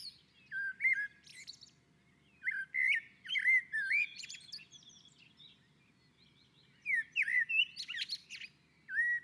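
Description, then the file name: Common blackbird delivering several warbling, fluty phrases with scratchy high-pitched endings, spaced by short silences. On a roof. "Koltrast på taket"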